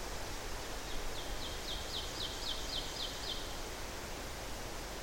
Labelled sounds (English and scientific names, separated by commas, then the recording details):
Ovenbird (Seiurus aurocapilla) song
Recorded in boreal forest in Alberta, Canada, on 12 June 2016 at 07:15
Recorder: SongMeter 3, array SBT-3-18
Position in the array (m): 60 m, 315 m
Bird 32